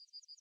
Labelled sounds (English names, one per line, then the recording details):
Yellowhammer song
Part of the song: start
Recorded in the Czech Republic on 9 May 2013
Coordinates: 49.501, 17.697
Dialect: BhBl
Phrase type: C3
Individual 289913